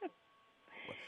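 One brief nasal honk, a person imitating the goose-like, seal-like honking cough of an 8-year-old Pomeranian dog; the cough began in hot, humid weather and is not constant.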